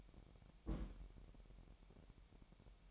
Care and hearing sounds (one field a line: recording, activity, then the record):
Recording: daily activity, microphone in the room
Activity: place on stove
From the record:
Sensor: 1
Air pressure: 1012.1 hPa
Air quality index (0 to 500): 224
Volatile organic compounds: 5 ppm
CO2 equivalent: 1794 ppm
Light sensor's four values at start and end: 73/171/74/78 and 73/172/74/78